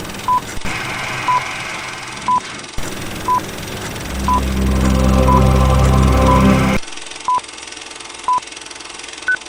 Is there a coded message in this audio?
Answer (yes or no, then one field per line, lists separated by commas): no